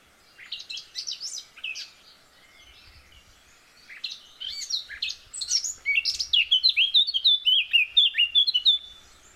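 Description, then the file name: Eurasian blackcap song in two bursts: scratchy twittering at first, a short pause, then a rich chattering warble ending in rapid, clear fluted whistles. "Sylvia atricapilla"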